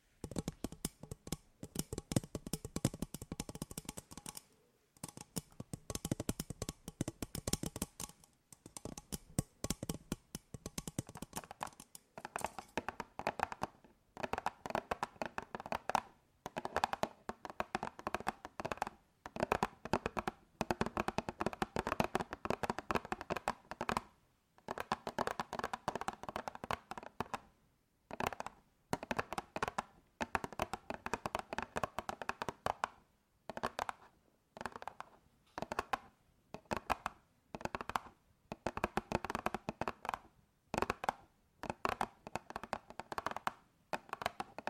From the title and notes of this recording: ASMR Tapping For Sleep 100% Tingles! (No Talking).